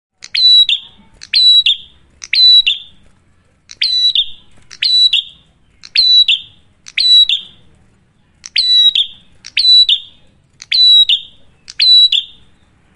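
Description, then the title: Prinia song: piercing chirp-and-slur phrases in quick, regular succession about once a second, with two short pauses partway. Loud duet of two prinia types, Cililin and Kapas Tembak, used for luring wild birds or training cage birds. "Masteran Duet Cililin Vs Kapas Tembak. Prenjak Gacor. Ngalun Kencang, Ampuh Banget Buat Pikat Ataupun Masteran"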